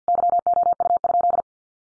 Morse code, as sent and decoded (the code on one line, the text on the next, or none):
-.-- --- ..- ..--..
YOU?